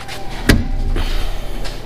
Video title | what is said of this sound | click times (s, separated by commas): Replace Jeep Wrangler TJ Rear Window Struts. How To Remove and Install | and it takes a good amount of force to get it to click on there but now it's super solid and it's on there | 0.5 s